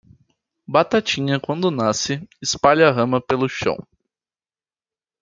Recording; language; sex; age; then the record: short text; Brazilian Portuguese; male; 18 to 19 years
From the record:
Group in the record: control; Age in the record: 18 years